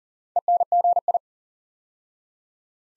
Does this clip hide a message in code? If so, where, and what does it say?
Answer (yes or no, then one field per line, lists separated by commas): yes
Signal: Morse code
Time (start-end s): 0.4-1.2 s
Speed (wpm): 40 wpm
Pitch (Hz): 700 Hz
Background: none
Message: ENGI